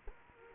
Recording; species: mosquito wingbeat signal from an infrared sensor; Culex quinquefasciatus